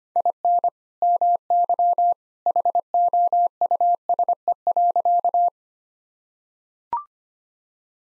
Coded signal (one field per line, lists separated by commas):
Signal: Morse code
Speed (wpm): 25 wpm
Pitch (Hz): 700 Hz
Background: none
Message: IN MY HOUSE.